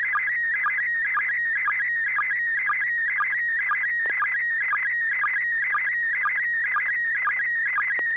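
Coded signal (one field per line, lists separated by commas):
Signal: SSTV (slow-scan television)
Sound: warbling, whistling tone sweeping up and down, with steady rhythmic low clicks twice a second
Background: low steady hum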